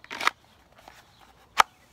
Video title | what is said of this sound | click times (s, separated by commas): Cry Havoc Gear Banshee V3 IWB Holster | nice positive click | 1.6 s